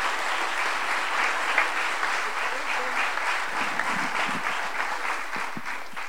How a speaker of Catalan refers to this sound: I gran fort aplaudiment per ella, sisplau.